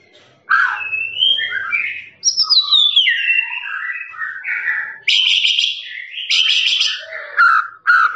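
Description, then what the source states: Lovebird chattering song, a varied run of whistled slurs and squeaks falling and rising, broken by harsh buzzy bursts. Long "ngekek" trilling song used as master recording for training birds.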